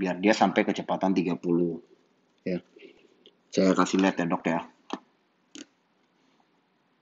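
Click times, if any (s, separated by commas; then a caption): 4.9 s, 5.6 s. Someone talks while the chuck of an NSK Volvere i7 dental micromotor handpiece is turned to lock the bur before starting it. Two small tick-like clicks are heard at 4.9 s and 5.6 s, and the bur is locked in place.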